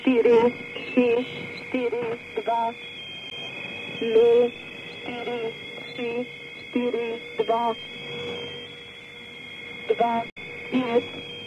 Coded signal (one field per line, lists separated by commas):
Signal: numbers station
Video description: Soundtrack is a numbers station recording from the Conet Project.